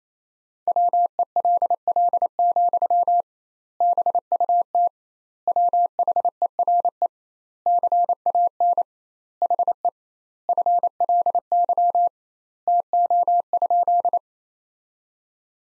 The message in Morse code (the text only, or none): WELL, BUT WHERE CAN HE FLY TO?